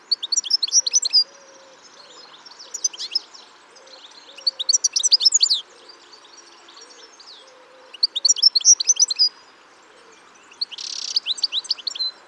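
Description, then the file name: European goldfinch twittering in short tinkling bursts every few seconds, with one buzzy note. "Carduelis carduelis"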